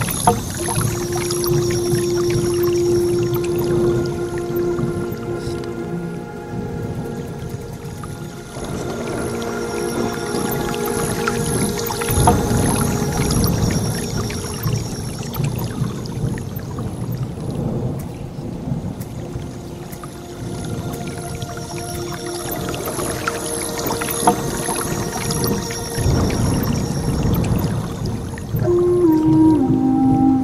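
A breathy wooden flute plays long, held notes and slow slides over a dense, steady rainfall, with low rumbles swelling underneath throughout.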